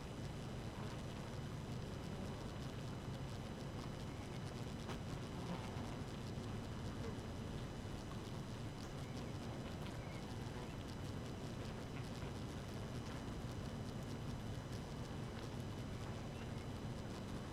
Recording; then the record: honeybee colony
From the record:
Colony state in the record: active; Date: 12 June 2018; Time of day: 4:36